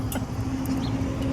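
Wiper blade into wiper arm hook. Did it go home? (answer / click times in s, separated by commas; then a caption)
yes / 0.1 s. A new wiper blade is pushed onto the wiper arm hook of a 2012 Maxima until its plastic adapter latches, locking into place with a sharp click at 0.1 s, followed right after by a hit. A steady low hum runs underneath throughout.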